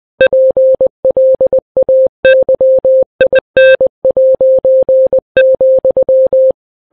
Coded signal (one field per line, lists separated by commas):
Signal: Morse code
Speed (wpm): 20 wpm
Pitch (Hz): 520 Hz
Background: none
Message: PLAYIN',